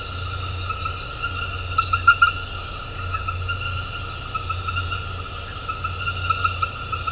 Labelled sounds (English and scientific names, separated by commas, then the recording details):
none
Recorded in dense forest near Puerto Asís, Putumayo, Colombia, on 9 March 2025 at 20:30
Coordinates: 0.468, -76.322
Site GP01